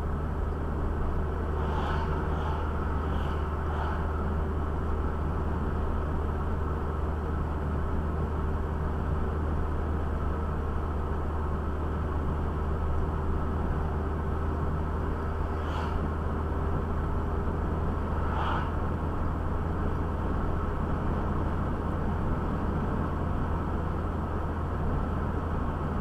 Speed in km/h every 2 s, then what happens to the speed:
58, 59, 58, 59, 59, 58, 59, 60, 61, 63, 63, 63, 62.
0-26 steady at about 59.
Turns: none.